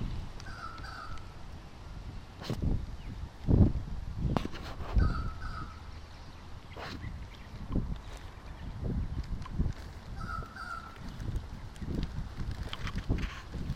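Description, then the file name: Bird giving harsh, cawing double calls, repeated three times about every four to five seconds, over steady low rushing noise and occasional thumps. Recorded by a stream. "Birdbythe Stream"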